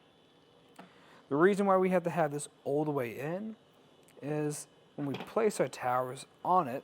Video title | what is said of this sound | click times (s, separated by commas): etrailer - Setting up the Inno Aero Flush Roof Rack for Naked Roofs on a 2023 Ford F-150 | push it some to it locks in place | 0.8 s